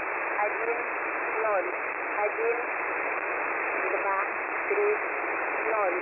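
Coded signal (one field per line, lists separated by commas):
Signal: numbers station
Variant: S06s, Russian female voice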